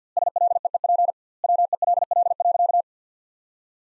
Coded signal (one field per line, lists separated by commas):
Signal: Morse code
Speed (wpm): 50 wpm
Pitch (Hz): 700 Hz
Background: none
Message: SLEEP WELL.